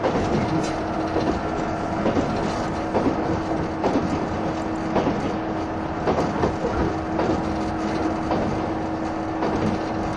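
Onboard running sound of a 185 series train, a steady dense rumble with a faint held tone and regular rhythmic clacks roughly every second.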